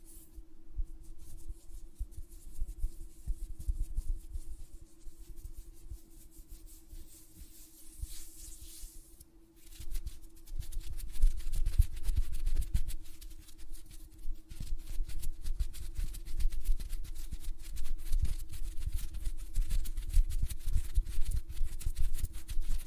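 Fingernails tap and flutter in a dense, rapid patter of tiny clicks that runs the whole time, growing busier and louder after about ten seconds. A steady low hum sits underneath, with a brief soft hiss around eight seconds.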